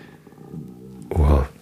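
A soft, gurgling low rumble with a faint tonal drone builds over about a second, then swells into a loud, deep growl lasting roughly 0.4 seconds before fading. This is audible stomach rumbling (borborygmi) from an adult man's abdomen despite having eaten enough, the ordinary sound of gas and fluid moving through the gut.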